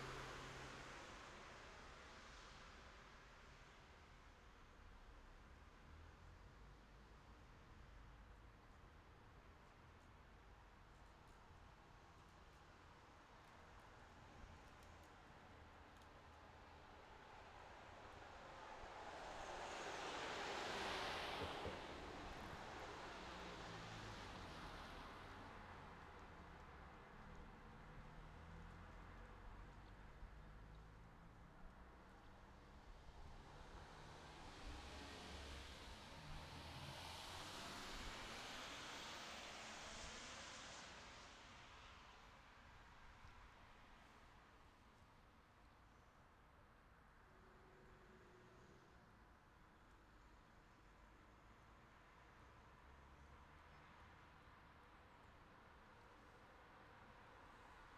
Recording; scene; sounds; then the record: everyday scene through a hearing-aid microphone; in traffic; traffic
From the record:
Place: city secondary road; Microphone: in the ear canal, left